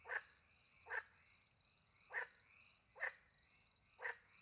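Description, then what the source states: Frog calls, a few short croaks at irregular intervals, accompanied by an unbroken, high-pitched cricket chirring. Frogs with crickets, in the countryside at night beside a little pond in France; microphones hidden in a tree, recorded with two Usi Pro microphones into a MixPre-10 II.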